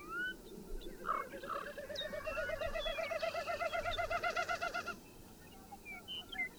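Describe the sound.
Bird song: short whistles and chirps, then a run of quick wavering notes lasting about three seconds before fading to scattered calls.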